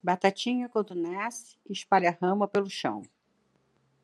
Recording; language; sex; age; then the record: short text; Brazilian Portuguese; female; 60 to 69 years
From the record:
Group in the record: control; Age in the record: 66 years